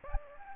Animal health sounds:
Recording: mosquito wingbeat signal from an infrared sensor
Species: Aedes aegypti

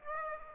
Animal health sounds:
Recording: mosquito wingbeat signal from an infrared sensor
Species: Aedes aegypti

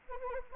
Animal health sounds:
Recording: mosquito wingbeat signal from an infrared sensor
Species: Anopheles arabiensis

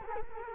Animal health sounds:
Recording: mosquito wingbeat signal from an infrared sensor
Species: Culex quinquefasciatus

